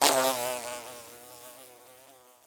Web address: Animal, Bee, Fly, By, Wings, Buzz, Take, Off, Insect, Bug